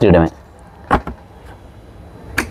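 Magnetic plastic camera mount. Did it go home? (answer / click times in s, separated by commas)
yes / 2.4 s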